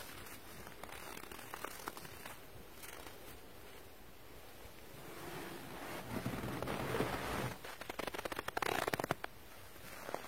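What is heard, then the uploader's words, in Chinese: Snow crunches and crackles in dense, uneven bursts, swelling around six seconds and sharpening into quick crisp steps near nine seconds. 还记得雪的声音吗？｜白噪音。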